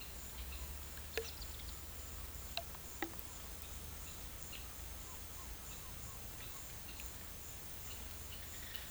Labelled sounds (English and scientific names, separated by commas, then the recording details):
none
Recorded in pastures near Puerto Asís, Putumayo, Colombia, on 26 December 2024 at 12:00
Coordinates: 0.472, -76.329
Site G072